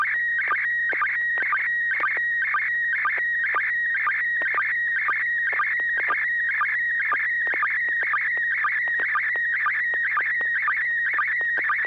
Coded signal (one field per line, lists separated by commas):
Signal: SSTV (slow-scan television)